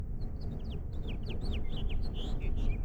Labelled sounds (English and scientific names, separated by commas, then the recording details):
House Finch (Haemorhous mexicanus) song
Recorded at Oceanside on Long Island, New York, on 17 June 1975
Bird F